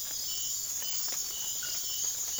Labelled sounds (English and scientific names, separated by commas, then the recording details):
none
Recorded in secondary vegetation near Puerto Asís, Putumayo, Colombia, on 25 June 2025 at 02:00
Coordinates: 0.500, -76.326
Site GP08